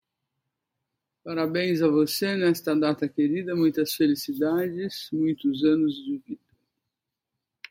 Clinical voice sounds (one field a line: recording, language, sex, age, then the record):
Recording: short text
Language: Brazilian Portuguese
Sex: male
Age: 70 to 79 years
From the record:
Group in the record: control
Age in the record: 70 years